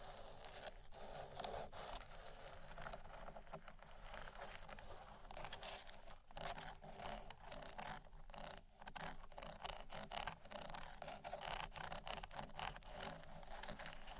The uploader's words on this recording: ASMR Textures Scratching & Tapping (No Talking).